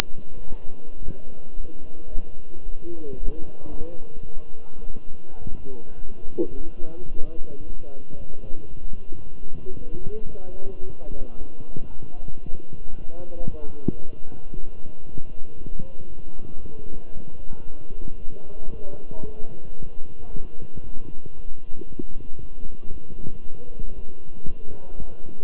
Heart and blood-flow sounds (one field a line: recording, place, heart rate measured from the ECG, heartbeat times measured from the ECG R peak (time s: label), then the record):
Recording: heart sounds by stethoscope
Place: between the tricuspid and mitral areas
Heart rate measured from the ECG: 113 bpm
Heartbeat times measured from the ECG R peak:
0.47 s: heartbeat
1.02 s: heartbeat
1.56 s: heartbeat
2.11 s: heartbeat
2.65 s: heartbeat
3.20 s: heartbeat
3.75 s: heartbeat
4.30 s: heartbeat
4.84 s: heartbeat
5.40 s: heartbeat
5.96 s: heartbeat
6.51 s: heartbeat
7.06 s: heartbeat
7.61 s: heartbeat
8.16 s: heartbeat
8.69 s: heartbeat
9.23 s: heartbeat
9.77 s: heartbeat
10.30 s: heartbeat
10.83 s: heartbeat
11.37 s: heartbeat
11.90 s: heartbeat
12.43 s: heartbeat
12.96 s: heartbeat
13.49 s: heartbeat
14.02 s: heartbeat
14.54 s: heartbeat
15.06 s: heartbeat
15.57 s: heartbeat
16.08 s: heartbeat
16.60 s: heartbeat
17.13 s: heartbeat
17.65 s: heartbeat
18.18 s: heartbeat
18.71 s: heartbeat
19.24 s: heartbeat
19.77 s: heartbeat
20.29 s: heartbeat
20.82 s: heartbeat
21.35 s: heartbeat
21.87 s: heartbeat
22.39 s: heartbeat
22.91 s: heartbeat
23.43 s: heartbeat
23.94 s: heartbeat
24.46 s: heartbeat
24.98 s: heartbeat
From the record:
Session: walking at 3.7 km/h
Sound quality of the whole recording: good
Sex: male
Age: 23 years